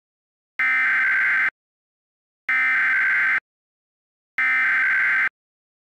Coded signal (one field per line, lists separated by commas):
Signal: Emergency Alert System (SAME) tones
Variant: header bursts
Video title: EAS Scenario Preview: Transfur Infection: The Lost Files